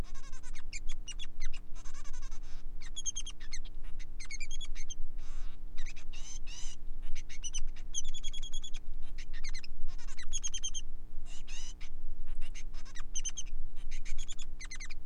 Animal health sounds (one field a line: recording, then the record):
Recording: song of a male Bengalese finch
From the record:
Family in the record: son of father 3